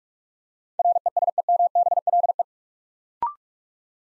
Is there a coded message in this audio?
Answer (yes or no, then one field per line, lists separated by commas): yes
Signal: Morse code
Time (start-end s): 0.8-2.4 s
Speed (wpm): 44 wpm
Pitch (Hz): 700 Hz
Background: none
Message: RESEMBLE